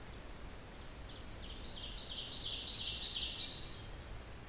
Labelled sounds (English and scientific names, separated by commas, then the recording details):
Ovenbird (Seiurus aurocapilla) song
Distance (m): 45 m
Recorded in boreal forest in Alberta, Canada, on 16 June 2016 at 06:11
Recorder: SongMeter 3, array SBT-3-32
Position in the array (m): 115 m, 147 m
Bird 37